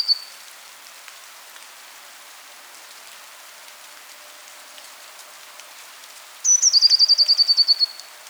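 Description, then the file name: Eurasian blue tit giving a high, thin introductory note followed by a quick descending trill of about a dozen notes, heard once near the end after a faint fragment at the start; steady background hiss. "Cyanistes caeruleus"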